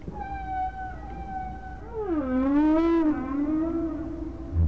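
Whale moans: a long, steady tone with rich harmonics, then a lower wavering call that dips, rises and holds.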